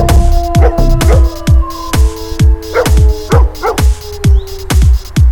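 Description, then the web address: German Shepherd giving a rapid run of deep, abrupt barks, with drawn-out whining tones running between them. "ashton bradly. german shepherd"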